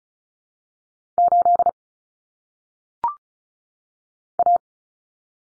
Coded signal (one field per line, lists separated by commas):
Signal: Morse code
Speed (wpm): 34 wpm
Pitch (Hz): 700 Hz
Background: none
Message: 8 A